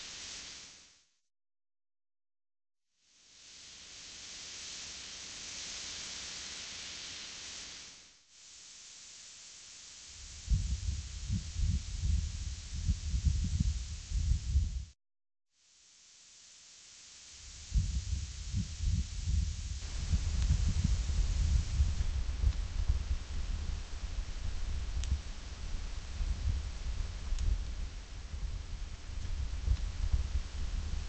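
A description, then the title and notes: Breeze in short sections divided by abrupt silences, near 1–3 seconds and again around 15. A soft, steady hiss comes first, then from about 10 seconds a rough, low rumble of gusts swells and flutters beneath the hiss, growing denser after 17 seconds. Breeze.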